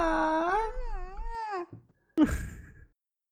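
A child, hit in the face by a basketball in the 'Crack Baby Basketball' video, wails in a long, wavering, high-pitched cry that rises and falls, breaks off briefly, then bursts out again in a shorter, louder sob.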